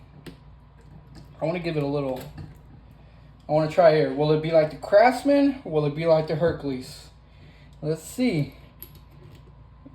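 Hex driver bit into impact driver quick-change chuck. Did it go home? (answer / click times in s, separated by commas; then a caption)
no / none. A 1/4 in hex driver bit is pushed straight into the quick-change hex chuck of a 20V Bauer compact impact driver without pulling the collar; it does not lock the way a chuck that locks on simple insertion would, and it wiggles loose. Someone talks throughout, with brief sharp taps at about 0.3 s and 8.8–9.0 s. Nothing has seated or clicked yet.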